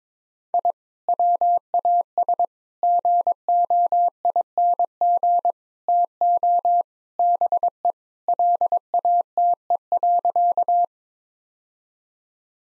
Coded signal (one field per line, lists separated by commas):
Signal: Morse code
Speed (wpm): 22 wpm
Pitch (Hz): 700 Hz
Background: none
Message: I WAS GOING TO BE LATE.